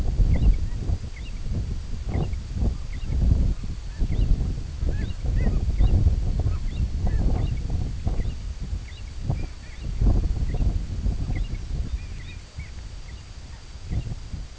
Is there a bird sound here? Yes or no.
yes